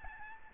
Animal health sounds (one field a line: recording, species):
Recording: mosquito wingbeat signal from an infrared sensor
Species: Aedes albopictus